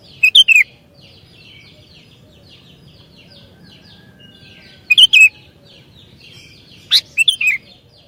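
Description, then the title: Sooty-headed bulbul giving three brief chirpy phrases, each a quick rising-falling bubble of notes, separated by gaps filled with faint background bird twittering. "kutilang"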